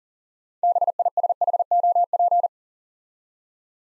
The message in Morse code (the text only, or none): BISHOP